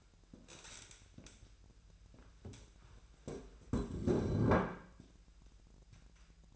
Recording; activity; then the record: daily activity, microphone in the room; stand up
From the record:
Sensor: 2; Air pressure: 1001.8 hPa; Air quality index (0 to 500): 240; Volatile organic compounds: 73 ppm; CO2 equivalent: 3550 ppm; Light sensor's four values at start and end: 8/20/8/9 and 7/16/7/7